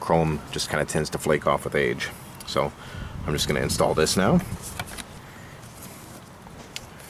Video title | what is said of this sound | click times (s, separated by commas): 1983 Merrcedes-Benz 240D: DIY- passenger side mirror service and/or replacement | once you have everything lined up it's just snap into place | 6.8 s